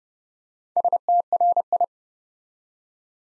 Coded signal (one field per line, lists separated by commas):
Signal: Morse code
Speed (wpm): 30 wpm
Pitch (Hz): 700 Hz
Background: none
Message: STRI